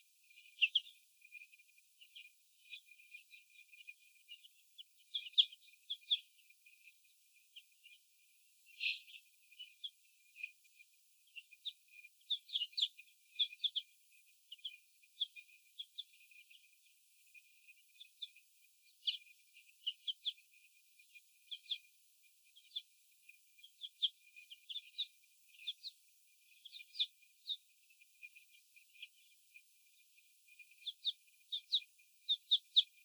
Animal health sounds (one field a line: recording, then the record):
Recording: young laying hens in a cage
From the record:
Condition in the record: before the stressor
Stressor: sudden umbrella opening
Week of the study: 2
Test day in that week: 1